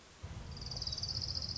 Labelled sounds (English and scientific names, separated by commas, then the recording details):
Orange-crowned Warbler (Leiothlypis celata)
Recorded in Sonoma County, California